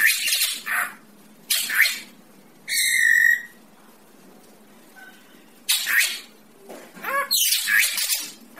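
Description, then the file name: Greater racket-tailed drongo song of harsh, noisy bursts and a single harmonic note, in short phrases separated by pauses. "tieng cheo beo duoi co hot"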